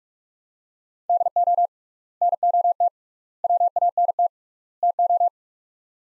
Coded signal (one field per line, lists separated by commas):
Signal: Morse code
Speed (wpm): 46 wpm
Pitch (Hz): 700 Hz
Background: none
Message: DO NOT WANT TO